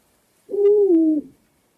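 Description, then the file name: Owl giving a single low hoot lasting under a second, steady then gently falling in pitch, in an otherwise quiet background. "sowa"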